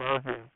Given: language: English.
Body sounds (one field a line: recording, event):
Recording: throat vibration sensor signal played as sound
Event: speech